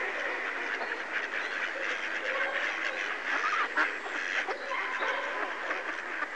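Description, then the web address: Mallard calling, steady dense chorus of nasal quacks and chatter with a few louder calls near the middle. Close-up. "BBC Sound Effects Library. Mallard (Anas Platyrhynchos)"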